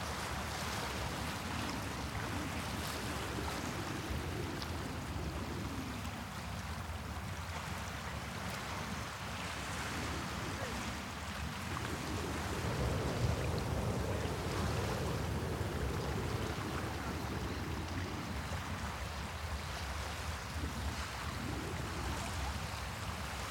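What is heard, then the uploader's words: Water noise along a river coast: a steady, dense rush that fills the whole 24 seconds without pause. The low end rolls and surges slowly, swelling around the middle and again near the end, while a fine hiss stays constant on top. River Coast Noises.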